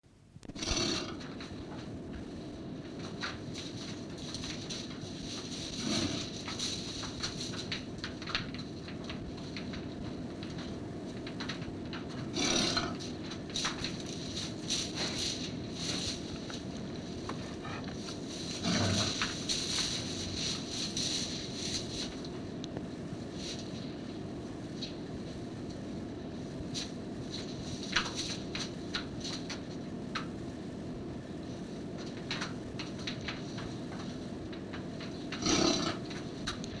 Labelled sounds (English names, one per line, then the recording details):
European Bison call
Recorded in captivity
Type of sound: call
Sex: female
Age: adult
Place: Tierpark Berlin, Berlin, DE
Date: 1965-10-20
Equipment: Englisches Reportergerät, Kopie Qualiton
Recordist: Altmann, Dagmar
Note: Wisent, Kuh "Dusche": Rufe (nachdem das Kalb weggenommen worden ist)